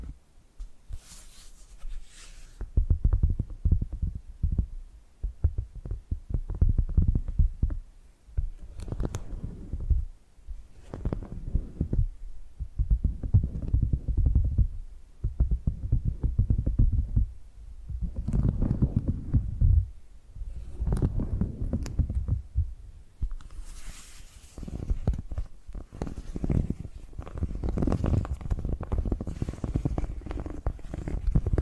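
Hypnotic tapping and scratching in soft, dense clusters of low thuds, swelling and pausing every few seconds, with occasional brighter scratchy hiss.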